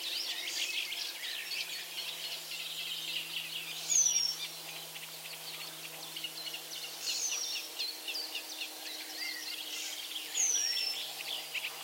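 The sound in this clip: Eurasian penduline tit giving a few thin, high, falling whistles, spaced several seconds apart, amid a dense background of other bird song.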